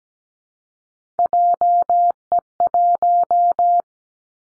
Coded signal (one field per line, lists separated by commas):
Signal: Morse code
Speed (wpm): 17 wpm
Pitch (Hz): 700 Hz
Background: none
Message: JE1